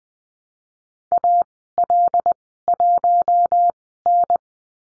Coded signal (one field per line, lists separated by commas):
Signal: Morse code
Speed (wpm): 20 wpm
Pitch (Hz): 700 Hz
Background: none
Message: AL1N